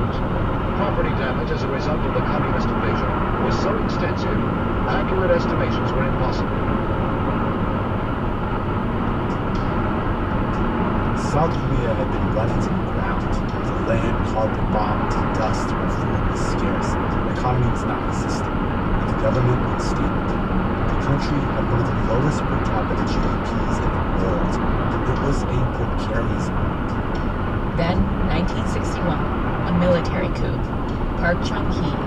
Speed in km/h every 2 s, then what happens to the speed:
127, 129, 129, 127, 127, 127, 127, 126, 126, 126, 124, 122, 121, 119, 118, 116.
0-32 slows to 116.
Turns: none.